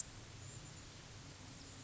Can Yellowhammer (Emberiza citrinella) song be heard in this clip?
no